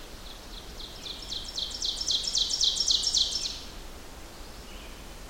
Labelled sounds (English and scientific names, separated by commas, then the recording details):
Ovenbird (Seiurus aurocapilla) song
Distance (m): 25 m
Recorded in boreal forest in Alberta, Canada, on 14 June 2016 at 08:25
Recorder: SongMeter 3, array SBT-3-33
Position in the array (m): 105 m, 136 m
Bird 21